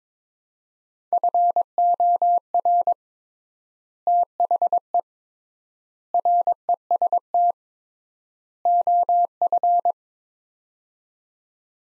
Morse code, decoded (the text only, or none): FOR THE REST OF